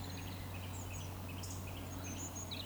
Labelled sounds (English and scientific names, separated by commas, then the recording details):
Eurasian Woodcock (Scolopax rusticola)
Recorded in Baden-Württemberg, Germany, on 16 June 2020 at 20:06 UTC
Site 14569, 102 m above sea level